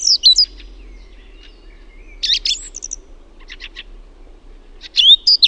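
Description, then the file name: Song thrush song with high scratchy notes, a thin drawn whistle, then short bursts of chattering phrases with pauses between, over a faint low hum. "LAULURASTAS"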